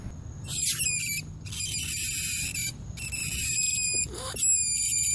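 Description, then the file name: Rat squealing: long, shrill, strained squeals lasting about a second each, separated by brief pauses, with a low rumble underneath. Squeaking for help, calling to the group. "Tieng chuot keu cuu goi bay"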